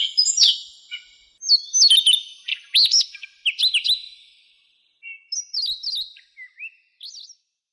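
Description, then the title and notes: Bird song of clear whistled notes, some sliding and some quick and looping, delivered in short phrases with brief pauses, fading out near the end. Bird described as having a melodious voice. "Burung Dengan Suara Merdu"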